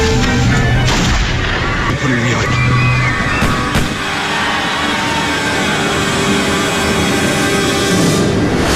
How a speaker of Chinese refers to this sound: 突然，砰砰砰，3声枪响，就发生在这一刻。